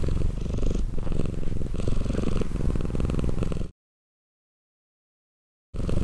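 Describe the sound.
Domestic cat purr, a deep continuous vibrating rumble in breath-length waves, cut off by about two seconds of silence before resuming briefly.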